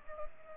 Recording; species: mosquito wingbeat signal from an infrared sensor; Culex pipiens